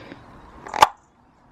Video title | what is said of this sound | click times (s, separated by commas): Is An Engine Oil Flush Safe For Your Engine? | There you are, hear a nice click. | 0.8 s